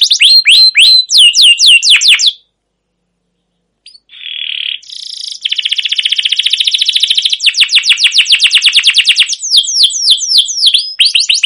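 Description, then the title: Canary song with down-slurred whistled notes, a pause of about a second and a half, then a buzzy sustained trill and fast rolling phrases. Long, continuous rolling canary song used as a lure to train other canaries to sing. "CUIT CUIT NGEROL LANGSUNG GACOR PANJANG Kenari Ini AMPUH Utk Pancingan KENARI"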